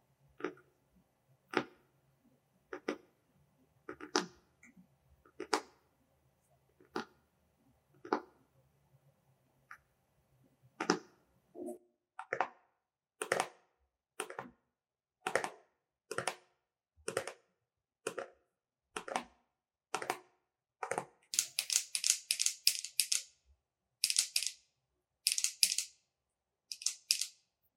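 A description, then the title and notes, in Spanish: Crisp tapping on different objects, starting with slow, evenly spaced knocks over a faint low hum, then quickening into a steady run of firmer taps. In the last third the sound turns bright and scratchy, with quick clustered bursts. ASMR Tapping en Objetos Variados. El tapping en distintos objetos crea una variedad de sonidos interesantes.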